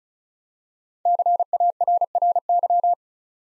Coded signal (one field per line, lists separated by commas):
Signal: Morse code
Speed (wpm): 36 wpm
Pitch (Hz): 700 Hz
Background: none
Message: CARRY